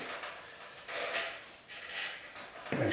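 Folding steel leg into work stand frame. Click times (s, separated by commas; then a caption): 2.7 s. The second steel leg of a JAWHORSE RK9000 jaw work stand is raised and folded into position in the frame, with soft scraping and rustling movement sounds. A single sharp latch click at 2.7 s shows the leg has seated and locked.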